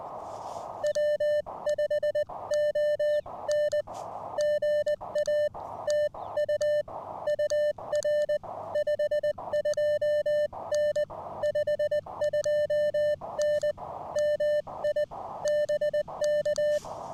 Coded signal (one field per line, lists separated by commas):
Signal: Morse code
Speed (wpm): 20 wpm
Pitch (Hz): 600 Hz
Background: music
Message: W5ON GA TU UR 52N 52N MI BK